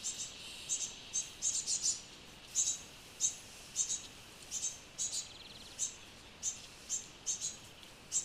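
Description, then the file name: Great tit calls: brief thin high notes, sometimes doubled or tripled, repeated at uneven intervals against faint hiss. "Parus major"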